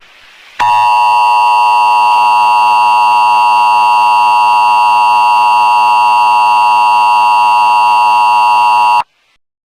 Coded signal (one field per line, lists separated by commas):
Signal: Emergency Alert System (SAME) tones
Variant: 853 and 960 Hz attention tone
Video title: (4TH OF JULY SPECIAL) NUCLEAR RETRIBUTION: An EAS Scenario/ EAS Scenario #2: Nuclear Retribution